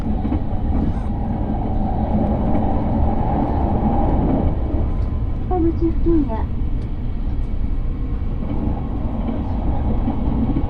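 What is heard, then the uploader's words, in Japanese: A train ride, a steady low rumble and rattle throughout, with a brief cluster of faint voice-like or squealing tones around six seconds. 鉄道旅 佐賀→博多→中洲川端→呉服町。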